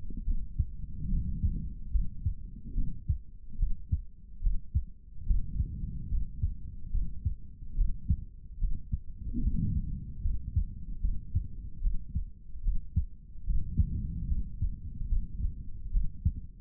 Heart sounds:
heart sounds by stethoscope; 73 bpm
0.25 s: heartbeat
1.09 s: heartbeat
1.91 s: heartbeat
2.74 s: heartbeat
3.57 s: heartbeat
4.41 s: heartbeat
5.25 s: heartbeat
6.09 s: heartbeat
6.91 s: heartbeat
7.75 s: heartbeat
8.59 s: heartbeat
9.41 s: heartbeat
10.22 s: heartbeat
11.01 s: heartbeat
11.81 s: heartbeat
12.62 s: heartbeat
13.45 s: heartbeat
14.28 s: heartbeat
15.09 s: heartbeat
15.91 s: heartbeat
From the record:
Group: healthy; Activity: rest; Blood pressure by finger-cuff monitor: 104/73 mmHg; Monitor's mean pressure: 82 mmHg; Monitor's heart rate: 72 bpm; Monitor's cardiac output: 3.4 L/min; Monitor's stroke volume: 47 mL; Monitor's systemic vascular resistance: 1750 dyn s/cm5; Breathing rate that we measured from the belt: 14 breaths a minute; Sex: male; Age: 55 years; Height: 167 cm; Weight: 57.2 kg

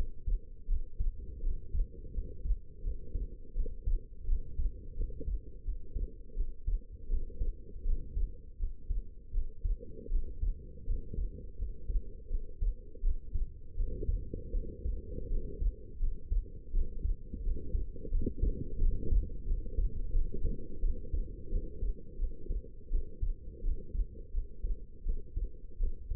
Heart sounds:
heart sounds by stethoscope; 84 bpm
0.67 s: heartbeat
1.41 s: heartbeat
2.13 s: heartbeat
2.82 s: heartbeat
3.54 s: heartbeat
4.26 s: heartbeat
4.95 s: heartbeat
5.64 s: heartbeat
6.35 s: heartbeat
7.08 s: heartbeat
7.84 s: heartbeat
8.58 s: heartbeat
9.32 s: heartbeat
10.10 s: heartbeat
10.85 s: heartbeat
11.57 s: heartbeat
12.29 s: heartbeat
13.01 s: heartbeat
13.75 s: heartbeat
14.52 s: heartbeat
15.28 s: heartbeat
15.98 s: heartbeat
16.72 s: heartbeat
17.42 s: heartbeat
18.10 s: heartbeat
18.79 s: heartbeat
19.46 s: heartbeat
20.12 s: heartbeat
20.81 s: heartbeat
21.50 s: heartbeat
22.18 s: heartbeat
22.90 s: heartbeat
23.62 s: heartbeat
24.32 s: heartbeat
25.04 s: heartbeat
25.78 s: heartbeat
From the record:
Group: healthy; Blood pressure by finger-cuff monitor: 105/76 mmHg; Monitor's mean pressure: 85 mmHg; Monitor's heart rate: 84 bpm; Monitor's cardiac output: 5.9 L/min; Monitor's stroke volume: 71 mL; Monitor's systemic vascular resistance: 1050 dyn s/cm5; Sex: female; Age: 19 years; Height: 163 cm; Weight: 51 kg

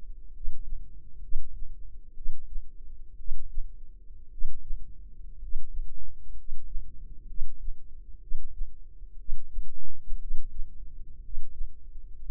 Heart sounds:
heart sounds by microphone in the left ear; 61 bpm
0.30 s: heartbeat
1.19 s: heartbeat
2.13 s: heartbeat
3.15 s: heartbeat
4.28 s: heartbeat
5.38 s: heartbeat
6.33 s: heartbeat
7.25 s: heartbeat
8.18 s: heartbeat
9.15 s: heartbeat
10.17 s: heartbeat
11.19 s: heartbeat
12.14 s: heartbeat
From the record:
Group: healthy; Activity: cold pressor test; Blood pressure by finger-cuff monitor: 106/60 mmHg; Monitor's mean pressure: 72 mmHg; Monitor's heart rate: 62 bpm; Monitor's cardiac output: 5.2 L/min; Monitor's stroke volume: 86 mL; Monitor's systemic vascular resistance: 980 dyn s/cm5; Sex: male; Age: 25 years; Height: 170 cm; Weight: 70.4 kg

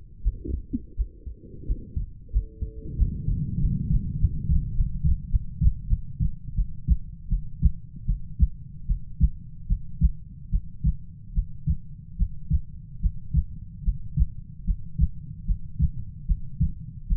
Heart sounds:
heart sounds by stethoscope; 82 bpm
0.22 s: heartbeat
0.95 s: heartbeat
1.66 s: heartbeat
2.31 s: heartbeat
2.97 s: heartbeat
3.60 s: heartbeat
4.18 s: heartbeat
4.74 s: heartbeat
5.30 s: heartbeat
5.87 s: heartbeat
6.55 s: heartbeat
7.28 s: heartbeat
8.05 s: heartbeat
8.86 s: heartbeat
9.67 s: heartbeat
10.50 s: heartbeat
11.33 s: heartbeat
12.17 s: heartbeat
13.00 s: heartbeat
13.83 s: heartbeat
14.65 s: heartbeat
15.45 s: heartbeat
16.26 s: heartbeat
17.07 s: heartbeat
From the record:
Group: healthy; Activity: breath hold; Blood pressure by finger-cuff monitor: 106/66 mmHg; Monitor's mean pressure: 77 mmHg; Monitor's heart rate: 75 bpm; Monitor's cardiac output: 6.5 L/min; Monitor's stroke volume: 83 mL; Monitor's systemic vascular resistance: 860 dyn s/cm5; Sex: female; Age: 19 years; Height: 163 cm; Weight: 48.9 kg

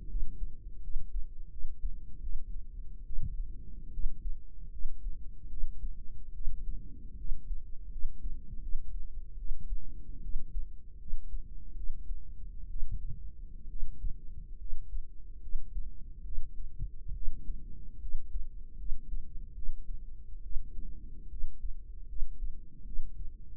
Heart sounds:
heart sounds by microphone in the right ear; 74 bpm
0.08 s: heartbeat
0.82 s: heartbeat
1.50 s: heartbeat
2.21 s: heartbeat
3.04 s: heartbeat
3.91 s: heartbeat
4.71 s: heartbeat
5.49 s: heartbeat
6.33 s: heartbeat
7.17 s: heartbeat
7.90 s: heartbeat
8.60 s: heartbeat
9.36 s: heartbeat
10.21 s: heartbeat
10.98 s: heartbeat
11.74 s: heartbeat
12.68 s: heartbeat
13.68 s: heartbeat
14.57 s: heartbeat
15.40 s: heartbeat
16.23 s: heartbeat
17.13 s: heartbeat
17.99 s: heartbeat
18.76 s: heartbeat
19.53 s: heartbeat
20.41 s: heartbeat
21.28 s: heartbeat
22.06 s: heartbeat
22.84 s: heartbeat
From the record:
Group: healthy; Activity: rest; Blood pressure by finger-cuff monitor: 111/76 mmHg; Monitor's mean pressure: 86 mmHg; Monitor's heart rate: 73 bpm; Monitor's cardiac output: 5.6 L/min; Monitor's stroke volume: 76 mL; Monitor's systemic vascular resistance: 1150 dyn s/cm5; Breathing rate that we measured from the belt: 18 breaths a minute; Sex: female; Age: 23 years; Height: 160 cm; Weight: 50.4 kg

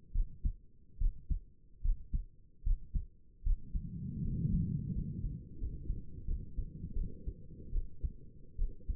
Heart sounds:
heart sounds by stethoscope; 78 bpm
0.13 s: heartbeat
0.99 s: heartbeat
1.83 s: heartbeat
2.64 s: heartbeat
3.44 s: heartbeat
4.23 s: heartbeat
4.93 s: heartbeat
5.59 s: heartbeat
6.26 s: heartbeat
6.95 s: heartbeat
7.72 s: heartbeat
8.57 s: heartbeat
From the record:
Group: healthy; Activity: rest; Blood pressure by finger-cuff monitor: 94/60 mmHg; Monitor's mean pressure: 69 mmHg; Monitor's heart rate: 75 bpm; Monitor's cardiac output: 5.8 L/min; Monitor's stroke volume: 79 mL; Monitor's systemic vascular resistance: 830 dyn s/cm5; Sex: female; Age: 22 years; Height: 163 cm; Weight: 67.1 kg

